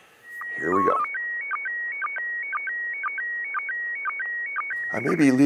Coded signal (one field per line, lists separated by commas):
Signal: SSTV (slow-scan television)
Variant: PD 120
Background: speech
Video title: How to Predict, receive and decode ISS SSTV image transmissions.